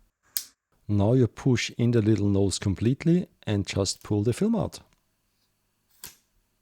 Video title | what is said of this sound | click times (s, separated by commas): AGO Film Processor - full walkthrough and review | now again you turn the film spool counterclockwise until you hear a tiny little click | 0.4 s